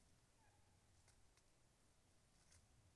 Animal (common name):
Tawny Owl